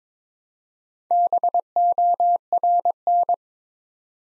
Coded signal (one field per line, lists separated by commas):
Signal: Morse code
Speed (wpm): 22 wpm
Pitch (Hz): 700 Hz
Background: none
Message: BORN